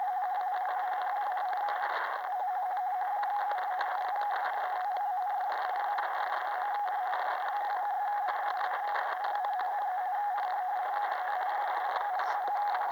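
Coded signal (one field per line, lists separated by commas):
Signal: RTTY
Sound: steady warbling tone rapidly flipping between two close pitches under hiss and crackle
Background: radio static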